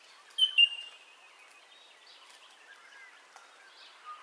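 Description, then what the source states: Birds calling at dawn, with two bright chirps early, then soft overlapping twitters and thin whistles over a quiet background hiss. Dawn ambience of bird calls, recorded in stereo.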